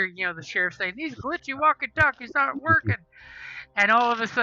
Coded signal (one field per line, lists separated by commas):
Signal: Emergency Alert System (SAME) tones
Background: speech